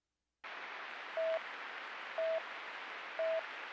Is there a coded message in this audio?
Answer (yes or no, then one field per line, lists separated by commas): no